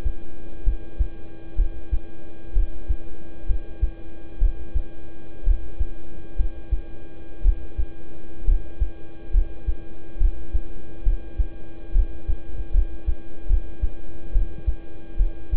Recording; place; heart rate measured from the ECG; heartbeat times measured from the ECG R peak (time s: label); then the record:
heart sounds by stethoscope; between the tricuspid and mitral areas; 66 bpm
0.64 s: heartbeat
1.56 s: heartbeat
2.53 s: heartbeat
3.46 s: heartbeat
4.38 s: heartbeat
5.44 s: heartbeat
6.36 s: heartbeat
7.42 s: heartbeat
8.44 s: heartbeat
9.31 s: heartbeat
10.17 s: heartbeat
11.03 s: heartbeat
11.92 s: heartbeat
12.71 s: heartbeat
13.47 s: heartbeat
14.32 s: heartbeat
15.16 s: heartbeat
From the record:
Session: rest, lying down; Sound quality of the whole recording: good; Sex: male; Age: 26 years